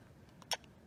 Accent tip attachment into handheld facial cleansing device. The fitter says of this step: So you line those two notches up, wiggle and tug, and it snaps right in.